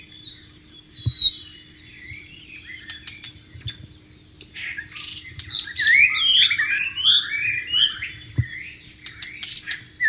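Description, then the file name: White-rumped shama singing a jumble of whistled and chattering notes, quiet at first then a dense burst of varied phrases midway, with a faint steady hum beneath. Wild bird, singing in its natural habitat. "suara burung murai batu di alam liar"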